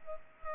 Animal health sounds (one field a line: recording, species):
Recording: mosquito wingbeat signal from an infrared sensor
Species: Culex pipiens